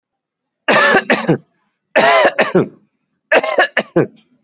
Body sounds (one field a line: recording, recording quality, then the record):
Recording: shallow voluntary cough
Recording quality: excellent, no background noise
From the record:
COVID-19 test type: RT-PCR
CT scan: not taken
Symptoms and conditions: none ticked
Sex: male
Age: 29 years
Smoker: no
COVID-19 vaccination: both doses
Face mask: worn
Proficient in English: yes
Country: India